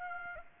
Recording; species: mosquito wingbeat signal from an infrared sensor; Aedes aegypti